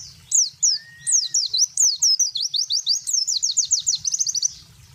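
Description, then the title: Spiderhunter song: high, down-slurred notes that quicken into a rapid trill toward the end, with a faint thin whistle early on. Long, clear, energetic song. "Pijantung Gunung Gacor Jernih Panjang"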